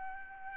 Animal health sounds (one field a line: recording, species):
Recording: mosquito wingbeat signal from an infrared sensor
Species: Aedes albopictus